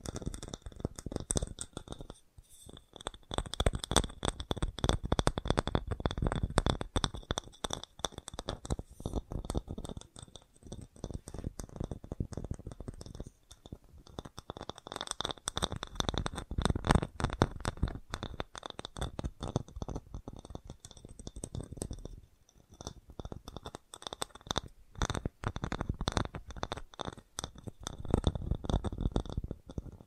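Fast tapping runs through the whole half minute as dense, rapid strikes, thudding low with a clicky top. Bursts come in clusters of a few seconds, broken by brief pauses near 2, 10, 13, 22 and 25 seconds. A faint steady high whine sits underneath.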